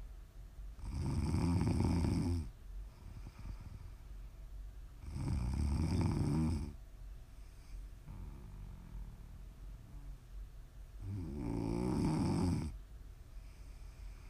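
ASMR snoring: three loud, low rattling snores from an adult sleeper, roughly every five seconds, about 12 breaths a minute, with quiet exhalations between.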